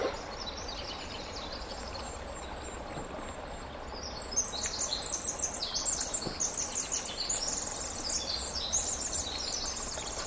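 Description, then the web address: Winter wren song: about four seconds of plain hiss, then an abrupt burst of high, rapid, tinkling trills that keeps going to the end. "ear jh-060319 wwren"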